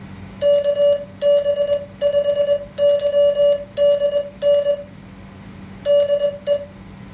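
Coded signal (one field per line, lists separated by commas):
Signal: Morse code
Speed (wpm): 21 wpm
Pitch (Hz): 580 Hz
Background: none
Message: KB5YDN DE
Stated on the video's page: Simulated Morse QSO practice generated by the QSO simulator in an MFJ-493 keyer.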